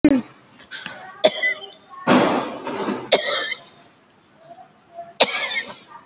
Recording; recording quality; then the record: shallow voluntary cough; excellent, no background noise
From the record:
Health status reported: COVID-19 positive, mild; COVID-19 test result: positive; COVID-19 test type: RT-PCR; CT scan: taken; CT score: 5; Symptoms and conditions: cough, breathing difficulty, sore throat, fatigue, muscle pain, loss of smell and taste, hypertension, another condition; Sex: female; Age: 75 years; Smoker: no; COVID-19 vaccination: both doses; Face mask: not worn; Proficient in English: yes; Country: India